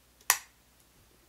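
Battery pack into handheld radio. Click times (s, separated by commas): 0.3 s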